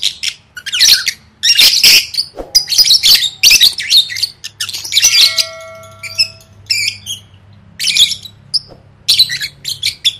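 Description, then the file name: Lovebird squawks and chatter in rapid runs, with a few clear level whistled notes midway and brief gaps between bursts. "tieng vet mau don"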